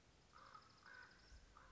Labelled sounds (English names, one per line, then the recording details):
Common Raven
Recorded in Sonoma County, California